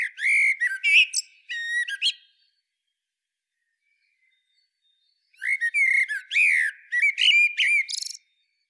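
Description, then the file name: Eurasian blackbird delivering two loud melodious phrases, fluted low notes interleaved with shrill high twittering, a quiet gap of about three seconds between them. "Turdus merula"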